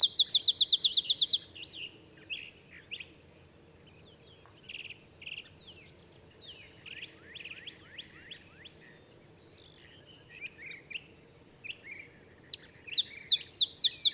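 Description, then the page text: Olive sparrow song: a fast trill of chips for a second and a half, scattered soft calls, then the song begins again near the end. Olive sparrow singing in the early morning in Texas, 50 miles north of the Mexican border; simple songs like a field sparrow's bouncing-ball song, though neither so mellow nor so melancholy. "songs Olive Sparrow. Recording early morning just 50 miles north of the Mexican border in Texas. Birdsong for the Curious Naturalist"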